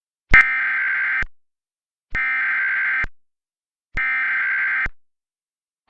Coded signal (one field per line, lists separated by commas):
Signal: Emergency Alert System (SAME) tones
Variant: header bursts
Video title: Plymouth's DMO - EAS Mock (we're back?)